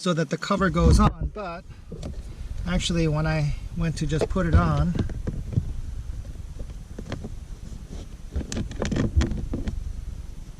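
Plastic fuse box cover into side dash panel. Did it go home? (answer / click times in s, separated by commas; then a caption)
no / none. Someone talks while handling the plastic fuse box cover on the side dash panel of an Infiniti FX35, fitting it back on over the Thinkware Q800 Pro dash cam wiring without cutting its tab. Light handling taps and knocks are heard under the talking. Nothing has seated or clicked yet.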